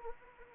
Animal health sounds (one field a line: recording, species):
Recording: mosquito wingbeat signal from an infrared sensor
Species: Anopheles arabiensis